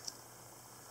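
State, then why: Not seated. The main blade of an antique slip joint jack knife, possibly around 100 years old, is worked against its carbon steel backspring. A single brief, faint tick sounds at about 0.1 s over a steady low hiss. The blade has not snapped into place yet; nothing has seated or clicked home.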